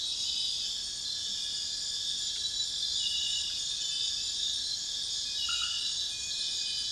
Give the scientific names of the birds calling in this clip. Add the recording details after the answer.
none. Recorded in dense forest near Puerto Asís, Putumayo, Colombia, on 21 February 2024 at 03:30. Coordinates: 0.502, -76.324. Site G6370